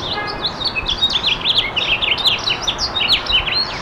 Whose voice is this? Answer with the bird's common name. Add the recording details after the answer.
House Finch. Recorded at Freeport on Long Island, New York, on 28 May 2013. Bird C